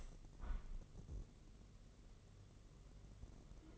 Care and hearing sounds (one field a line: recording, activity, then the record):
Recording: daily activity, microphone in the room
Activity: open window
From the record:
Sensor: 4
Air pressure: 1013.2 hPa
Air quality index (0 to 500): 169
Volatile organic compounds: 2 ppm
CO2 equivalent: 1064 ppm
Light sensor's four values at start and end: 38/95/38/39 and 40/99/40/41